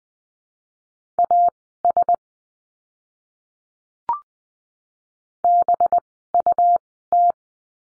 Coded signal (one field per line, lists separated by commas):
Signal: Morse code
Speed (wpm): 20 wpm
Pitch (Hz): 700 Hz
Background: none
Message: AS BUT